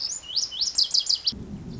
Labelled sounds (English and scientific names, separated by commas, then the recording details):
Lazuli Bunting (Passerina amoena)
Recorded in Sonoma County, California